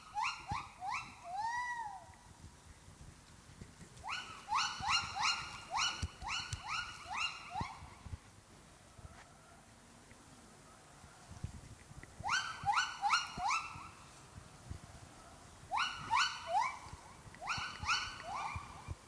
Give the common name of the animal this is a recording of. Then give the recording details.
Silvery Javan Gibbon. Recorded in captivity. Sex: male. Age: adult. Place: Münchner Tierpark Hellabrunn, Bayern, DE. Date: 2003-12-06 12:05. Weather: Regen, ca. 2°C. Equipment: Fair Mate ST-1328 (Asahi Electronics, Japan), Sennheiser ME 80, Kopie Uher 4000 Report Monitor. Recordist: Tembrock, Günter